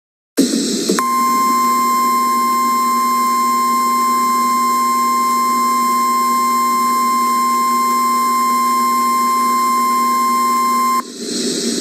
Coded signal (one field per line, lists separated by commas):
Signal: Emergency Alert System (SAME) tones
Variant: 1050 Hz attention tone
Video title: EAS Scenario : Not So New Years Week